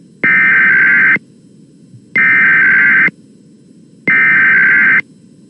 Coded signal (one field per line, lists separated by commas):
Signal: Emergency Alert System (SAME) tones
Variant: header bursts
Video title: EAS 3627-3630: KLOVE EAS Test + Relays